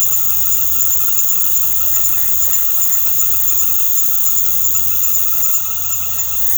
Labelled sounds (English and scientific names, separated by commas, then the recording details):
none
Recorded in secondary vegetation near Puerto Asís, Putumayo, Colombia, on 24 March 2025 at 19:00
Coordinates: 0.468, -76.324
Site G059